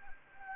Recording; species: mosquito wingbeat signal from an infrared sensor; Anopheles gambiae